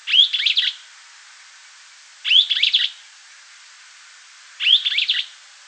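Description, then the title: Streaked flycatcher giving harsh, squeaky call bursts, each a quick jumble of rising and falling notes, three times about every two seconds, with nothing else clearly audible. "LuckyPassaro Completos2Sama. Streaked Flycatcher (Myiodynastes maculatus)"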